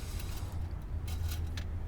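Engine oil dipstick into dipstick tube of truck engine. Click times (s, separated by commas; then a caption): 1.6 s. A round engine oil dipstick is pushed back into the dipstick tube of a truck engine over a steady low rumble, with a faint scrape around 1.1 seconds. It locks in with a sharp click at 1.6 seconds.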